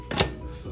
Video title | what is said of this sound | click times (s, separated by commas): Canning Beef Roast, Carrots & Potatoes | what you want to do is just slide this you'll hear it click | 0.2 s